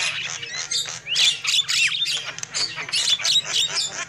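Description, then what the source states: Lovebird squawks and shrill chirps in quick bursts, including a sweeping squeal near the middle, over a low steady hum. Used as a lure call for trapping lovebirds.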